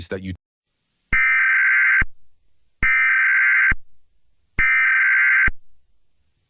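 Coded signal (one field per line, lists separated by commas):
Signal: Emergency Alert System (SAME) tones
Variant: header bursts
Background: speech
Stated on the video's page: Fictional zombie apocalypse EAS scenario.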